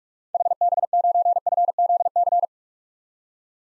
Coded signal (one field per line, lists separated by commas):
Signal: Morse code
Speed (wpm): 42 wpm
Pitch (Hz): 700 Hz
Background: none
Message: HB9FZC